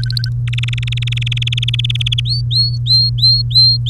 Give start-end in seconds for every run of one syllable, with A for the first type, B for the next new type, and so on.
0.00-0.29 A, 0.47-2.20 B, 2.25-3.89 C